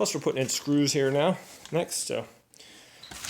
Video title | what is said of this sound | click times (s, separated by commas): KETER EDEN ALL WEATHER STORAGE BENCH UNBOXING ASSEMBLY AND REVIEW | nice and flush around there as it clicks into place | 3.2 s